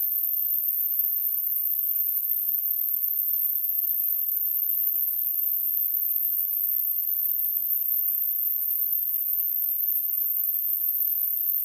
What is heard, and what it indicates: Tinnitus.